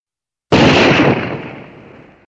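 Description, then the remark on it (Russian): A single heavy, booming gunshot from a main-caliber gun fired on the second floor bursts out with a sharp onset, then rumbles and decays over about a second and a half, loud and alone with no voices. “Рявкнул на втором этаже ствол главного калибра”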